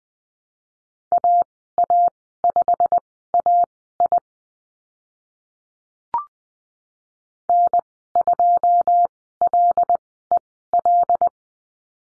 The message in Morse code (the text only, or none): AA5AI N2LEL